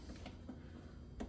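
A new windshield washer pump for a Chevy Suburban, replacing one that stopped working, has its long grommet end set down in the washer fluid reservoir hole and is pushed back into place. Light ticks and rubs are heard around 0.3 s and 0.5 s, then a sharper click at 1.2 s as the pump locks in. The pump is seated.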